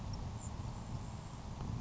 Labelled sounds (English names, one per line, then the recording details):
Grasshopper Sparrow
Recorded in Sonoma County, California